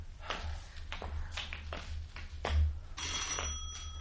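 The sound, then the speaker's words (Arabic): A series of sharp taps and knocks, then a bell, rung by someone during a stage play, starts ringing with a steady, bright, sustained tone toward the end. No one speaks. “هل سيدي هو الذي دق الجرس؟”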